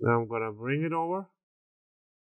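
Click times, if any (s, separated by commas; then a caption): none. A second flex ribbon cable is being worked into its board connector latch on a PlayStation 5 game controller during a joystick drift repair, pushed in with a flat tool. Someone talks for about 1.3 seconds, followed by silence. Nothing has clicked or seated yet.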